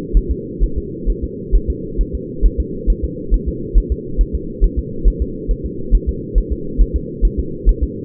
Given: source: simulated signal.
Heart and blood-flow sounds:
fetal heart sounds
0.17 s: S1
0.31 s: S2
0.63 s: S1
0.78 s: S2
1.10 s: S1
1.24 s: S2
1.55 s: S1
1.70 s: S2
2.01 s: S1
2.15 s: S2
2.46 s: S1
2.60 s: S2
2.90 s: S1
3.04 s: S2
3.34 s: S1
3.48 s: S2
3.78 s: S1
3.92 s: S2
4.21 s: S1
4.35 s: S2
4.64 s: S1
4.79 s: S2
5.08 s: S1
5.22 s: S2
5.51 s: S1
5.66 s: S2
5.95 s: S1
6.09 s: S2
6.38 s: S1
6.53 s: S2
6.81 s: S1
6.96 s: S2
7.25 s: S1
7.39 s: S2
7.69 s: S1
7.83 s: S2
From the record:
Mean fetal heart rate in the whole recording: 135 bpm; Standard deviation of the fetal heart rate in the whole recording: 3 bpm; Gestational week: 36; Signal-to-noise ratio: -4.3 dB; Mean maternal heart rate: 72 bpm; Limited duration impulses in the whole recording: absent

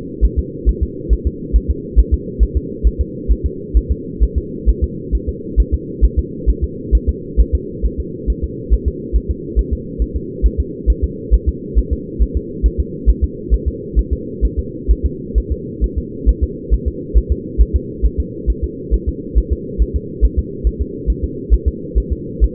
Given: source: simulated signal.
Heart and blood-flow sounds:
fetal heart sounds
0.25 s: S1
0.39 s: S2
0.69 s: S1
0.83 s: S2
1.13 s: S1
1.27 s: S2
1.56 s: S1
1.70 s: S2
2.00 s: S1
2.14 s: S2
2.43 s: S1
2.57 s: S2
2.87 s: S1
3.01 s: S2
3.32 s: S1
3.46 s: S2
3.77 s: S1
3.91 s: S2
4.23 s: S1
4.38 s: S2
4.69 s: S1
4.84 s: S2
5.15 s: S1
5.29 s: S2
5.60 s: S1
5.74 s: S2
6.05 s: S1
6.19 s: S2
6.50 s: S1
6.64 s: S2
6.95 s: S1
7.09 s: S2
7.40 s: S1
7.55 s: S2
7.86 s: S1
8.00 s: S2
8.30 s: S1
8.44 s: S2
8.73 s: S1
8.88 s: S2
9.16 s: S1
9.31 s: S2
9.59 s: S1
9.73 s: S2
10.02 s: S1
10.16 s: S2
10.46 s: S1
10.60 s: S2
10.90 s: S1
11.04 s: S2
11.34 s: S1
11.49 s: S2
11.79 s: S1
11.93 s: S2
12.22 s: S1
12.37 s: S2
12.66 s: S1
12.80 s: S2
13.10 s: S1
13.24 s: S2
13.54 s: S1
13.68 s: S2
13.99 s: S1
14.13 s: S2
14.45 s: S1
14.59 s: S2
14.91 s: S1
15.06 s: S2
15.38 s: S1
15.52 s: S2
15.84 s: S1
15.98 s: S2
16.29 s: S1
16.44 s: S2
16.74 s: S1
16.88 s: S2
17.18 s: S1
17.32 s: S2
17.61 s: S1
17.76 s: S2
18.05 s: S1
18.20 s: S2
18.50 s: S1
18.64 s: S2
18.94 s: S1
19.09 s: S2
19.38 s: S1
19.53 s: S2
19.82 s: S1
19.96 s: S2
20.25 s: S1
20.39 s: S2
20.67 s: S1
20.81 s: S2
21.10 s: S1
21.24 s: S2
21.54 s: S1
21.68 s: S2
21.98 s: S1
22.12 s: S2
22.44 s: S1
From the record:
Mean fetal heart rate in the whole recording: 135 bpm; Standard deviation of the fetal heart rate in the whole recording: 3 bpm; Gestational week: 34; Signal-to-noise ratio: -4.1 dB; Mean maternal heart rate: no maternal heart sound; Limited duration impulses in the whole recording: absent

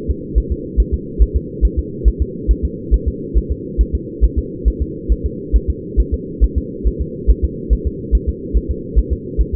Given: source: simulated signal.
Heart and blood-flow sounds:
fetal heart sounds
0.11 s: S2
0.38 s: S1
0.52 s: S2
0.80 s: S1
0.94 s: S2
1.22 s: S1
1.36 s: S2
1.65 s: S1
1.79 s: S2
2.08 s: S1
2.22 s: S2
2.51 s: S1
2.65 s: S2
2.94 s: S1
3.08 s: S2
3.38 s: S1
3.52 s: S2
3.81 s: S1
3.95 s: S2
4.25 s: S1
4.39 s: S2
4.68 s: S1
4.82 s: S2
5.12 s: S1
5.26 s: S2
5.56 s: S1
5.70 s: S2
6.00 s: S1
6.14 s: S2
6.44 s: S1
6.58 s: S2
6.87 s: S1
7.02 s: S2
7.31 s: S1
7.45 s: S2
7.73 s: S1
7.87 s: S2
8.15 s: S1
8.29 s: S2
8.57 s: S1
8.71 s: S2
8.99 s: S1
9.13 s: S2
9.41 s: S1
9.55 s: S2
From the record:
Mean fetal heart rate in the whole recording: 140 bpm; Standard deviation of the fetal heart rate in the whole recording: 2 bpm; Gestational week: 34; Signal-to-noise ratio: -4.1 dB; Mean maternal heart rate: no maternal heart sound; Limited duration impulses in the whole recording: absent

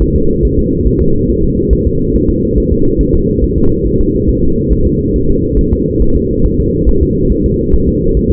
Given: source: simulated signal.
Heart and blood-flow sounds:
fetal heart sounds
0.02 s: S1
0.16 s: S2
0.45 s: S1
0.59 s: S2
0.88 s: S1
1.02 s: S2
1.30 s: S1
1.44 s: S2
1.73 s: S1
1.87 s: S2
2.16 s: S1
2.30 s: S2
2.58 s: S1
2.72 s: S2
3.01 s: S1
3.15 s: S2
3.44 s: S1
3.58 s: S2
3.87 s: S1
4.01 s: S2
4.30 s: S1
4.44 s: S2
4.73 s: S1
4.87 s: S2
5.16 s: S1
5.30 s: S2
5.59 s: S1
5.73 s: S2
6.02 s: S1
6.17 s: S2
6.46 s: S1
6.60 s: S2
6.89 s: S1
7.03 s: S2
7.32 s: S1
7.46 s: S2
7.75 s: S1
7.88 s: S2
8.17 s: S1
8.31 s: S2
From the record:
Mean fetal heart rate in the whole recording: 140 bpm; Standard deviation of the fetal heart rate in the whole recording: 2 bpm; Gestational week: 34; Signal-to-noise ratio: -16.4 dB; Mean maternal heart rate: 72 bpm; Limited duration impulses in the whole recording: present

